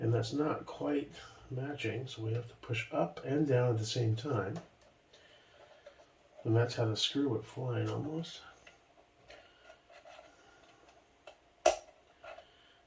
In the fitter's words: let's see it doesn't like lock into place perfect